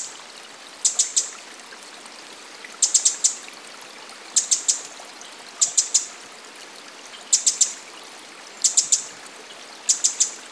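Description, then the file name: Eurasian wren calling with quick groups of three or so hard, high ticks every one to two seconds, against a continuous background of running water. "Troglodytes troglodytes"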